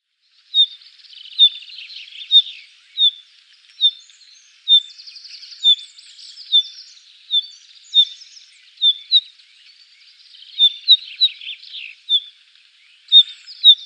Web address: Schulze Peter Blue Rock-Thrush calls